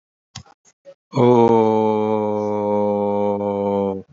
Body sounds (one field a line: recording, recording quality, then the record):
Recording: sustained vowel as in boot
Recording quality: excellent, no background noise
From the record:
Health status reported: healthy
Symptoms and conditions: cough, sore throat, diarrhoea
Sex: male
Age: 26 years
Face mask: not worn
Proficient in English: yes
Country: India